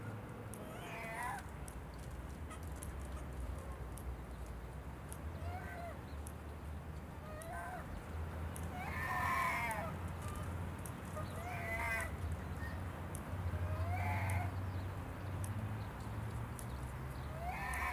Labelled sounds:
Gelada
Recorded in captivity
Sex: group
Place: Tiergarten Wilhelma/Stuttgart, Baden-Württemberg, DE
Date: 2005-03-14 16:30
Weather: heiter, 5-8°C
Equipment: Sony WM-D6C, Sony ECM-MS 907, Kopie Uher 4000 Report Monitor
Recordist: Tembrock, Günter

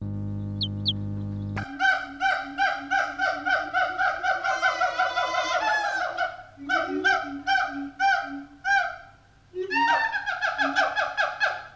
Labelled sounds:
Siamang
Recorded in captivity
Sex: pair
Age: adult
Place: Zoo Berlin, Berlin, DE
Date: 1984-08-03
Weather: bedeckt, heiter, Regen, 20°C
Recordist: Tembrock, Günter
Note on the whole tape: Paar: Rufreihen, Duette, dann Laute bei Kopula, diese bis zum Schluß. Nach Ansage durch G.Tembrock ist die Aufnahme vom 10.8.84 (Unterschied zur Bandbeschriftung). In der Aufnahme sind Knackgeräusche

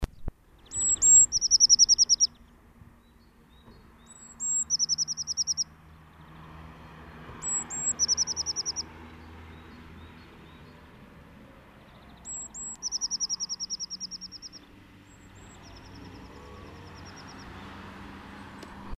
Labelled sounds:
Eurasian Blue Tit song
Great Tit
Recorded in the wild
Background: Parus major
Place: Kaiserslautern, Rheinland-Pfalz, DE
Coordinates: 49.4283, 7.77889
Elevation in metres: 279
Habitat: garden
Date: 1977-04-08
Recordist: Tretzel, Erwin
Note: Gesang

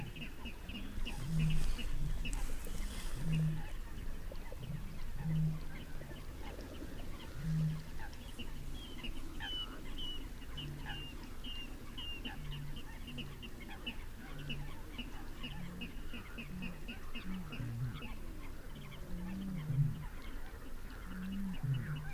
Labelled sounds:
Little Crake
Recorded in the wild
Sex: male
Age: adult
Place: Kützerhof, Kummerower See, Mecklenburg-Vorpommern, DE
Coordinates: 53.8411, 12.875
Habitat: wetland
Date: 2008-05-13 22:18
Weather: heiter, 10°C, schwacher Wind
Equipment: Sound Devices 702, Sennheiser MKH 70, Windkorb
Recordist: Frommolt, Karl-Heinz

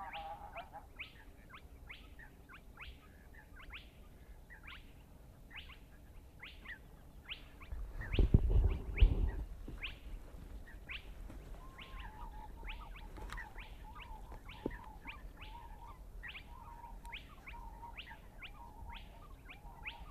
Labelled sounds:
Spotted Crake
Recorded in the wild
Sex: male
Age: adult
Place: Schwedt/Oder, Nationalpark Unteres Odertal, Brandenburg, DE
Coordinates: 53.1212, 14.3557
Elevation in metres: 1
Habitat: wetland
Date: 2015-04-23 02:46
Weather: clear, 3°C, almost windless
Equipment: Sound Devices 702, Sennheiser MKH 70, Rycote Windschutz
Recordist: Frommolt, Karl-Heinz

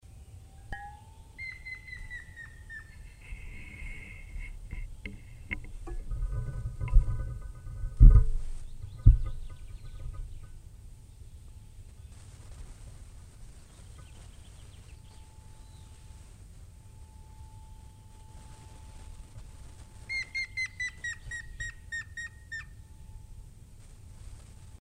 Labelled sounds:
Grey-headed Woodpecker
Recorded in the wild
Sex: male
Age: adult
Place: Freiburg, Baden-Württemberg, DE
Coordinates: 48.0244, 7.80389
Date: 1960-03-25
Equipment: Maihak MMK 4, Sennheiser MD 82
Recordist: Thielcke, Gerhard
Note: Freiburg, Mooswald, Baumschule, Graben: Grauspecht: Rufreihen

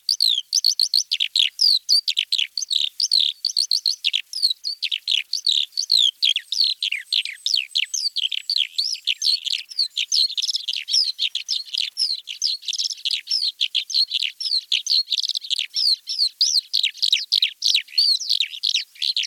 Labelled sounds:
Oriental Skylark song
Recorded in the wild
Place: Koko Noor, CN
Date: 1996-06-14
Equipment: Dat-Recorder Casio DA 7, Telinga DAT, Telinga-Parabolspiegel
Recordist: Schwarz, Dieter

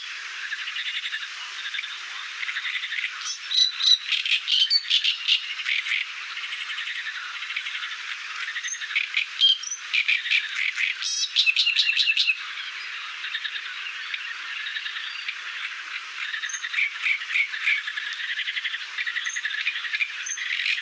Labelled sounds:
Great Reed Warbler song
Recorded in the wild
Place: Damtschik/Wolgadelta, RU
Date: 1995-05-15
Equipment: Dat-Recorder Casio DA 7, Telinga DAT, Telinga-Parabolspiegel
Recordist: Schwarz, Dieter

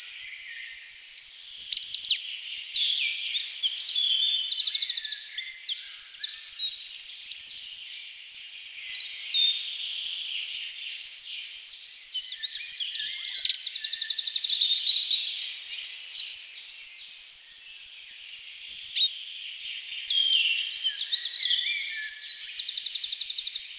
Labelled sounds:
Goldcrest song
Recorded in the wild
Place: Kandel /Schwarzwald; Waldkirch, Baden-Württemberg, DE
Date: 1984-06-30
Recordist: Schwarz, Dieter
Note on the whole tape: Song

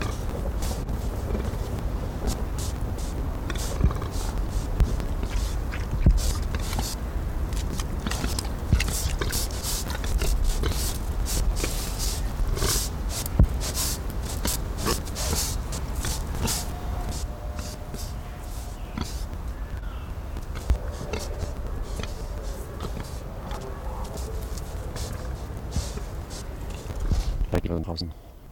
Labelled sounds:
Bearded Pig call
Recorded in captivity
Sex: diverse
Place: Zoo Berlin, Berlin, DE
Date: 1995-09-14 18:43
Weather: leicht bewölkt, 16°C
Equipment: Sony WM-D6C, Sennheiser ME 80, Kopie Uher 4000 Report Monitor
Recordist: Tembrock, Günter
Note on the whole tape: Kurzlaute eines Männchen und eines Weibchen, Entfernung ca. 6 bis 7 m

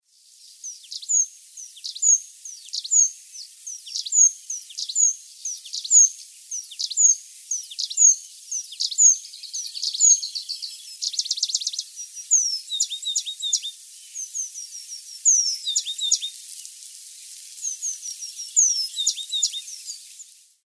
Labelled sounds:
Eurasian Penduline Tit
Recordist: Tembrock, Günter
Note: Gesang

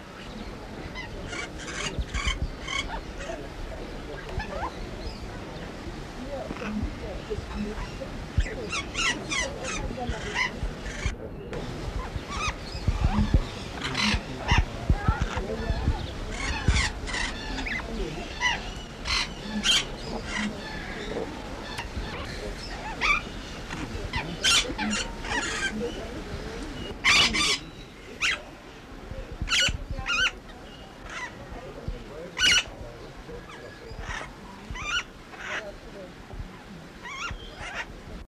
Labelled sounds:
Austral Parakeet call
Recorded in captivity
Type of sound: call
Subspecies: minor
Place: Vogelpark Walsrode, Niedersachsen, DE
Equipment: Halbspur, 9,5 cm/s
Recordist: Lütgens, Hans
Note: Rufe

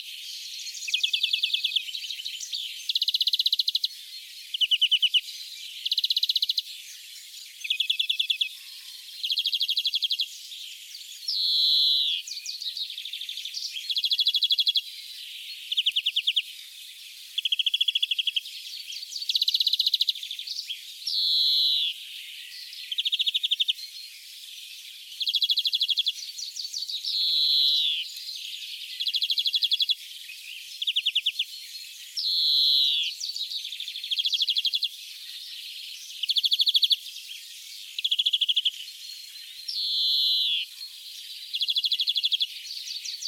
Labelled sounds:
European Greenfinch song
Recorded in the wild
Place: Kaiserstuhl, Baden-Württemberg, DE
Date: 1981-05-16
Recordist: Schwarz, Dieter

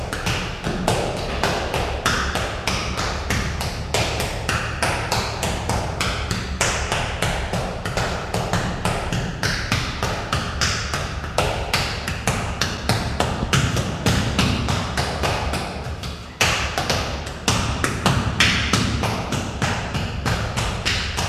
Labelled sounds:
Chimpanzee call
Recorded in captivity
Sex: male
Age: adult
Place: Zoo Dresden, Sachsen, DE
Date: 1969-02-09 14:00
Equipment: Uher 4200 Report Stereo, Sennheiser MD 421
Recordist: Tembrock, Günter

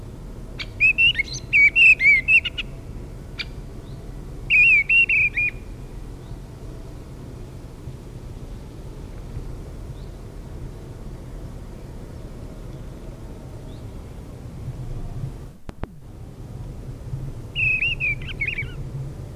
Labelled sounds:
Mistle Thrush song
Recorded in the wild
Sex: male
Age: adult
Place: Feldberg - Koldenhof, Mecklenburgische Seenplatte, Mecklenburg, DE
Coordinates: 53.3333, 13.3167
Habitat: mixed forest
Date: 1976-06-22 19:30
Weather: 18°C, one hour before sunset
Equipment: Uher CR 210, Sennheiser MD 421 HL, Verstärker, Reflektor, Kopie Uher 4200
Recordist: Tembrock, Günter

